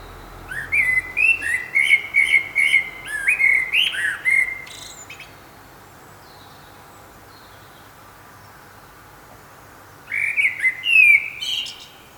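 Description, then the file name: Common blackbird pouring out a long warbling phrase of rich, flute-like whistles for about four seconds, then quiet, then a shorter whistled phrase with a thin, screechy tail. "Turdus merula"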